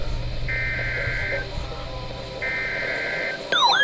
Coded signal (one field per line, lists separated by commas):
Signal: Emergency Alert System (SAME) tones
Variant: header bursts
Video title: More May SVRs | EAS #445-453 (Severe Weather Alerts from 5/7/2024)